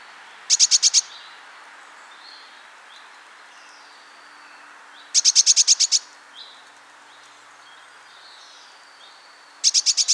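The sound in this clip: Eurasian blue tit calls: short bursts of rapid, very high ticking notes, six to eight per burst, repeated every four to five seconds, with faint thin notes between.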